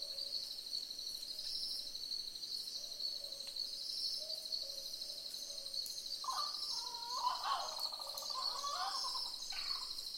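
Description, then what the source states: Frogs calling in a chorus: a constant high trill over lower drawn-out notes, with a few wavering calls in the second half. Frogs in a wetland.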